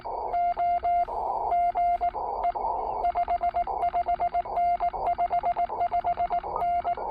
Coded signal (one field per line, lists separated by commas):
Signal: Morse code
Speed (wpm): 18 wpm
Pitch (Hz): 690 Hz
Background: none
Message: OG E 55N 55N